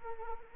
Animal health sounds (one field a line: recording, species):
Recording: mosquito wingbeat signal from an infrared sensor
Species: Anopheles arabiensis